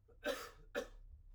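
Two short, explosive cough bursts about half a second apart, each with a sharp onset and a brief noisy tail that fades quickly. A quiet, plain adult cough with no wheeze or voiced whoop between the bursts.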